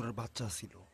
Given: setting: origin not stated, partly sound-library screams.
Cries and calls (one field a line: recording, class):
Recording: one-second piece from a danger detection set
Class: normal situation